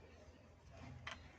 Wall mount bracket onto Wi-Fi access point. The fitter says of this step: So ganito po pang yung kanyang lock. So ayan.